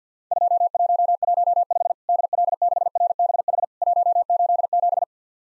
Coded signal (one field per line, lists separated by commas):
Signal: Morse code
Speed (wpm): 50 wpm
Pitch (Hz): 700 Hz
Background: none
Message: 2115 DL6RBH 187